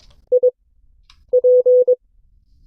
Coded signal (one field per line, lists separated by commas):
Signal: Morse code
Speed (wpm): 22 wpm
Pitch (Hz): 500 Hz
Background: none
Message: I P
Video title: CW Class - Session 5 (2026-02-19)